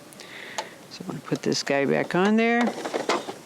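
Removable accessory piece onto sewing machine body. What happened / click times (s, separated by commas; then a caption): The accessory piece is handled but not yet seated / none. A removable accessory piece is handled as it is being refitted onto the body of a Baby Lock Soprano sewing machine while someone talks. A few brief knocks and taps are heard, but the clip ends before the piece snaps on, so nothing has seated or clicked yet.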